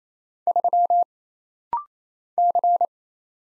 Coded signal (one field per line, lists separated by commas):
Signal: Morse code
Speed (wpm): 27 wpm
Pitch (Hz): 700 Hz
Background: none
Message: 3 C